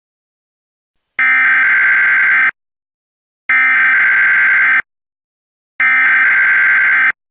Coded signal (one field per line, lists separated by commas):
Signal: Emergency Alert System (SAME) tones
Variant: header bursts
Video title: EAS MOCK: Flood Watch For Greene County, MO 1/16/20